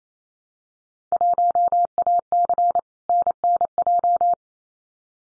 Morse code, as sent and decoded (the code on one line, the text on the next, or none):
.---- .- -.-. / -. -. .---
1AC NNJ